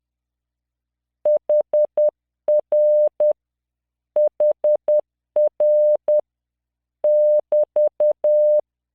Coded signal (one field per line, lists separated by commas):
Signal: Morse code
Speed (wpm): 10 wpm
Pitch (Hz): 600 Hz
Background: none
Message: HR HR <BT>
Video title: tamanのモールス練習動画82（モールス信号 速度10WPM morse code)